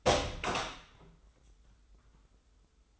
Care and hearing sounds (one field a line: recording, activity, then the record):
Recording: daily activity, microphone in the room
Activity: open door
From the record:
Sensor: 3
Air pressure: 996.1 hPa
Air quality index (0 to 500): 44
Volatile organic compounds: 1 ppm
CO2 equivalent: 848 ppm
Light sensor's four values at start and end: 14/33/14/14 and 14/34/14/14